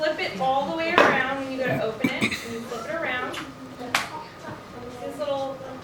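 In a classroom, a tablet case cover is folded all the way around so its small square tab can go into the back of the case, with light handling taps and a sharp knock near 4.0 s while someone talks. Nothing has clicked into place yet.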